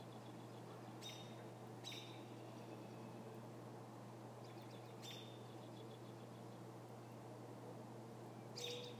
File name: American robin